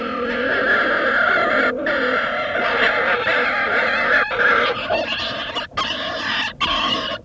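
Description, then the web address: Beech marten mating call: a continuous harsh, honking harmonic wail that runs almost unbroken for seven seconds, with brief dips, mostly in the second half. Recorded during mating. "karlammann. Tierstimmen Steinmarder paarung"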